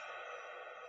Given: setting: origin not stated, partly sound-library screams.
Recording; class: one-second piece from a danger detection set; woman in danger